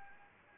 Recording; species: mosquito wingbeat signal from an infrared sensor; Anopheles gambiae